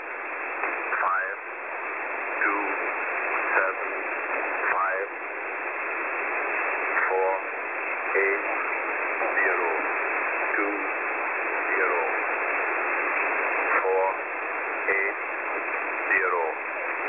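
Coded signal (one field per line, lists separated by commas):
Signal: numbers station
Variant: E06 English Man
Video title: E06 English Man Unscheduled TX 27/01/2023 1006 UTC 13921kHz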